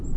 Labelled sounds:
Black-throated Gray Warbler flight call

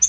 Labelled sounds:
Yellow-rumped Warbler flight call

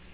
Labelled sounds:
Black-throated Green Warbler flight call

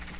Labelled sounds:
Magnolia Warbler flight call

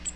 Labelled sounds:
Cape May Warbler flight call

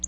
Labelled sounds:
Black-throated Blue Warbler flight call

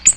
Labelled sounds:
Ovenbird flight call

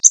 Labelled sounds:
Connecticut Warbler flight call

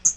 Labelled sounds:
Hooded Warbler flight call

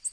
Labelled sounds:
Tennessee Warbler flight call

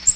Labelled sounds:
Magnolia Warbler flight call

